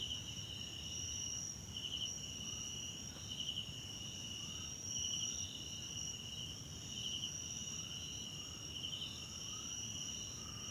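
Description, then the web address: High steady cricket trilling with pulsed chirps recurring every couple of seconds, a few faint lower rising notes, and soft low background rumble. Background crickets at night in a wetland park at Kosi Forest Lodge, South Africa. "Tonschliff - SOUTH AFRICAN CRICKETS BG South Africa Wetland Park Kosi Forest Lodge Night"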